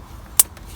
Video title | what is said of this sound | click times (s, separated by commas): Volkswagon Golf MK5 Reverse Light Switch Replacement | i'm just going to put the socket back on like that you should hear a click | 0.4 s